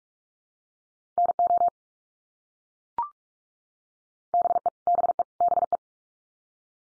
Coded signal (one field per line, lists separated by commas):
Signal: Morse code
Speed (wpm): 44 wpm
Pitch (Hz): 700 Hz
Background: none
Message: NO BE BE BE